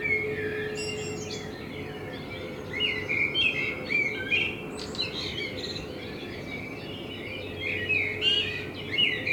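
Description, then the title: Common blackbird song, warbled phrases with twittering high notes coming in bursts throughout over a steady low background hum. Binaural dummy-head recording made with a self-built dummy head, in front of the recordist's window, meant for listening on headphones. "Kunstkopfaufnahme der Amsel vor meinem Fenster"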